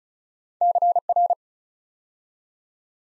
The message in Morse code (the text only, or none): CR